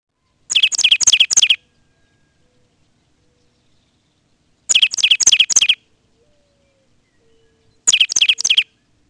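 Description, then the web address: Plain titmouse singing three short phrases of fast repeated two-part notes, separated by quiet pauses of a few seconds. "Peterson North American Birds. plti"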